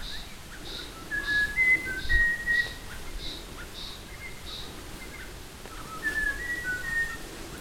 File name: laughingthrush-buffy Garrulax-berthemyi